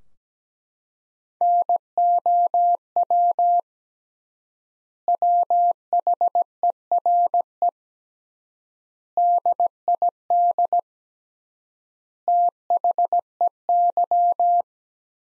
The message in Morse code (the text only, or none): NOW WHERE DID THEY